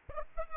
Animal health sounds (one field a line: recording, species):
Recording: mosquito wingbeat signal from an infrared sensor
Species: Aedes aegypti